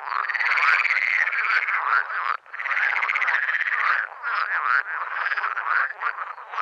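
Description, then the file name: Frog croaking in a dense chorus of rattling, quacking calls that overlap almost without pause, with a few brief dips. "Grenouille verte"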